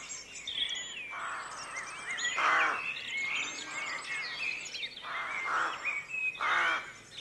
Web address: rookery at dawn also calls from jackdaw. BBC Atmospheres Dawn